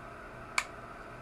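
The final plastic wheel is pushed onto the axle of a brick-built R34 toy car model. A single sharp, bright snap rings out at 0.6 s against a quiet background and fades almost instantly. The wheel is seated, and the car now rolls.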